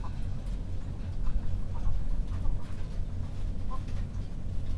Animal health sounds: poultry house recording; sick chickens (respiratory disease)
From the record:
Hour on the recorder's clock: 22

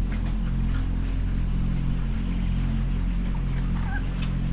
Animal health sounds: poultry house recording; sick chickens (respiratory disease)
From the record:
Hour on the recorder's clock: 5

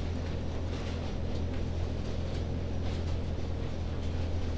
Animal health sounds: poultry house recording; no chicken sound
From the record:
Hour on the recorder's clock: 21

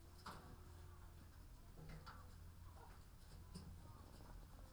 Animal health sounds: poultry house recording; sick chickens (respiratory disease)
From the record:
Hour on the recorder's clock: 13

